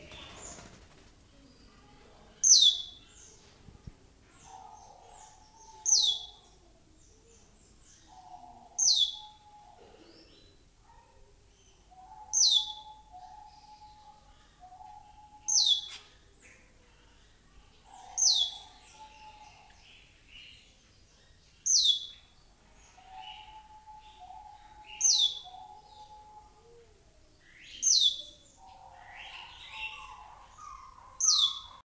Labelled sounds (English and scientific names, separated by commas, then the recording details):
Asian Glossy Starling (Aplonis panayensis) call
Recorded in captivity
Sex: group
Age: adult
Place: Zoo Berlin, Berlin, DE
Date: 2001-01-05 13:06
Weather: overcast, 5°C
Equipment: Nagra SN, Kopie Uher 4000 Report Monitor
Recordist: Tembrock, Günter